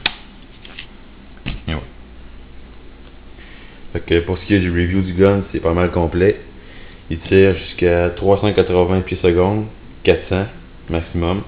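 A flip-up front sight on the rail of a JG M4 S-System airsoft rifle is raised by pressing its button or simply pulling it. It pops back up with a sharp snap at 0.1 s, followed by a few quieter clicks. Then someone talks.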